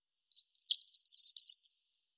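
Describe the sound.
European robin song, a short sweet phrase of high tumbling whistles and twitters lasting just over one second, no other sounds.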